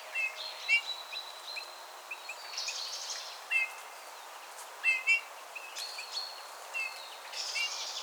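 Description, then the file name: Eurasian bullfinch calls: brief piping whistles, some in pairs, mixed with high sounds from other birds. "Pyrrhula pyrrhula"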